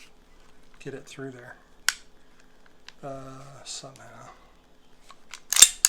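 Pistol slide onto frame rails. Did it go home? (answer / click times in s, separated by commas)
yes / 5.6 s, 5.8 s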